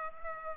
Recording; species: mosquito wingbeat signal from an infrared sensor; Culex pipiens